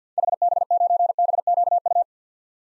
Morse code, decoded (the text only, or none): HB9BQU